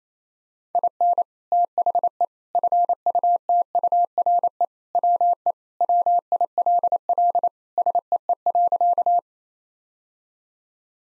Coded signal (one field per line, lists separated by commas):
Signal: Morse code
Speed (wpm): 28 wpm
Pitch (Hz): 700 Hz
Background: none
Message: IN THE FUTURE WE WILL SEE.